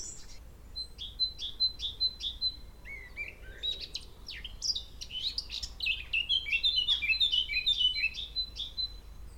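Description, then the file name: Eurasian blackcap song, a fast varied warble of short high notes and slurred whistles, ending in a dense, chattering flourish. "Sylvia atricapilla"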